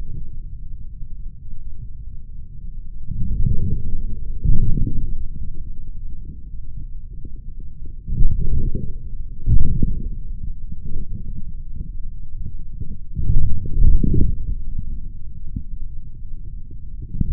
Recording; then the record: forearm muscle sounds (acoustic myography)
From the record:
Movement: forearm pronation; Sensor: system 3, bracelet of six PUI Audio POM-2738L microphones around the upper forearm, with dedicated amplification and filtering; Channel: 6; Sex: male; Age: 26 years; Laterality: right